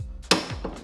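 A 3/8 in torque wrench set to 40 ft-lb tightens a lawn mower blade bolt and gives a sharp click at 0.3 s, followed by a softer tap at 0.7 s. The click confirms the bolt has reached the 40 ft-lb setting.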